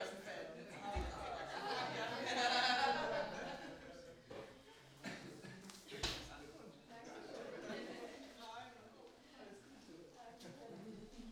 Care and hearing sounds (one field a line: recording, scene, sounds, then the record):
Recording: everyday scene through a hearing-aid microphone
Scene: many people talking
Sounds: many voices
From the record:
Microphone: in the ear canal, right